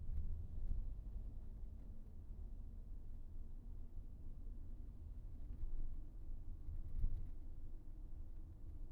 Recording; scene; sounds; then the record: everyday scene through a hearing-aid microphone; in a vehicle; engine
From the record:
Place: VW T5 Caravelle, diesel engine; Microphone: behind the ear, right, front